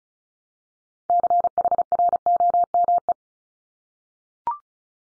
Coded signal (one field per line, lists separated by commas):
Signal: Morse code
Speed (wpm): 36 wpm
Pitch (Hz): 700 Hz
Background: none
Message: CHROME